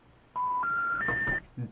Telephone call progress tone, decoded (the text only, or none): special information tone